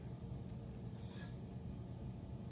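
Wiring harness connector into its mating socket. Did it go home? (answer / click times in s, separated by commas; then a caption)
no / none. A wiring harness connector for a CAC Switch On The Fly (SOTF) install on a 2023+ Ford diesel is brought to its mating socket and lined up before being pushed home. A steady low rumble fills the clip, with only faint, brief higher tones near 1.2 seconds. Nothing has seated or clicked yet.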